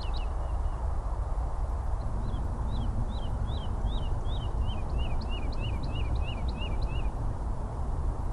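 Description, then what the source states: Woodlark singing a run of liquid, slurred notes repeated evenly for about five seconds, with constant low traffic roar beneath. Woodlark singing from the top of a tree on Chobham Common, Surrey, a heathland surrounded by the M3, the M25 and a busy railway line; spring, recorded before Coronavirus lockdowns.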